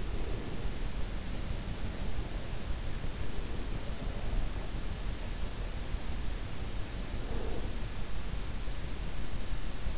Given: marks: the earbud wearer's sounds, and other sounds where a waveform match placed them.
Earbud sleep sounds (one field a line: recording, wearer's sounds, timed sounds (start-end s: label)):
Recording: sounds in sleep by an in-ear microphone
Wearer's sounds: breath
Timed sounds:
0.00-0.99 s: breath
7.10-7.88 s: breath